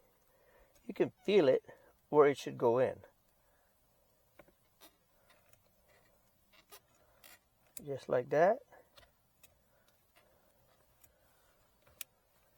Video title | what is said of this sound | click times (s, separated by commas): CLEC Wireless Car Charger for Toyota Rav4 Prime Installation and adding extra USB Port. 😀🚙👍 | And there it is. I heard a snap. | 12.0 s